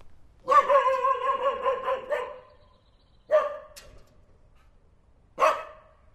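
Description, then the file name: Dog giving a long rough run of growly barks lasting over a second, then two sharp single barks spaced about two seconds apart. "Hund"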